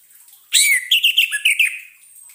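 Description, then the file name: Orange-headed thrush song: a strong slurred whistle followed by a string of short bright notes, tapering off softly. Lure sound played so the bird (anis merah) does not get stressed. "suara pancingan burung anis merah agar tidak stress"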